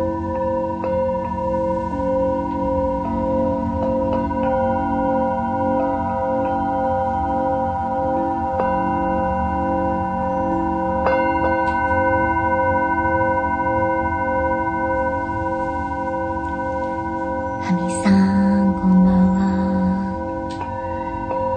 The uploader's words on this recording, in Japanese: 真夜中のシンギングボウルのサウンドヒーリング。チベタンシンギングボウルのサウンドヒーリングLiveのアーカイブです。